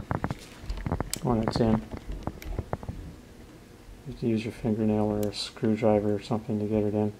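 A 64 GB microSD card is being pushed by fingernail or screwdriver into the backward-facing, awkward-to-reach top slot of an Autel diagnostic tablet, with several sharp handling ticks in the first three seconds while someone talks. The clip ends before the card goes home; nothing has seated or clicked yet.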